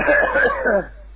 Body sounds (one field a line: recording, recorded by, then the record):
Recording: voluntary cough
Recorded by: telephone call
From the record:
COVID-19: positive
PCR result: checked with the laboratory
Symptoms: no